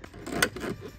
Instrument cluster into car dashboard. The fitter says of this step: so eingerastet ah